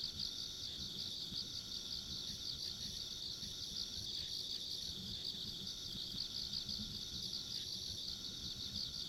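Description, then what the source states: Insects trilling densely and continuously at high pitch, with a fainter upper buzz and low background noise. Ambient insect sounds along a rural country road.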